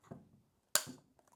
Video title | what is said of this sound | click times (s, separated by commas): Claber Aquauno Logica Water Timer Setup & Programming Guide | You should find that it clicks into place | 0.8 s